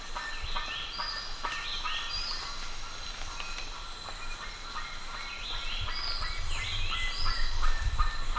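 Bird calls, repeated short chirps and rising whistled notes, with a low rumble that grows toward the end.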